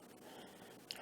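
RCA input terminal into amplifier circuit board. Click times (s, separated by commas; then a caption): 0.9 s. A replacement RCA input terminal is pushed into a Memphis PR 1 1000 car amplifier's circuit board, its plastic retaining clips going into the same holes as before. Over a low, steady background hiss, a single sharp snap rings out at 0.9 s as the terminal seats in place.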